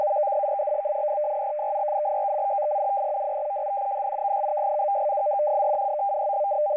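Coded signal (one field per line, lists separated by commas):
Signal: numbers station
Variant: F03i FSK data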